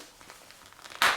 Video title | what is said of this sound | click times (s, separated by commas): HOT TOYS - ANAKIN SKYWALKER - MMS 427 - SW: EPISODE 3 : REVENGE OF THE SITH - REVIEW FRANCAISE | hop, ça clipse, c'est terminé. | 1.0 s